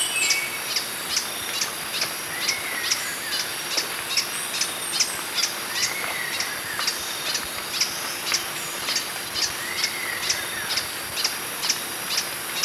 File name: Phaethornis guy - Green Hermit